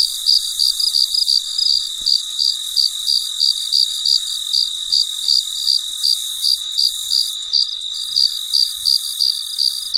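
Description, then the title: High-pitched cricket chirps repeating evenly about three times per second against a continuous shrill insect hum. Recorded late at night; very quiet surroundings. "深夜录制蟋蟀昆虫声"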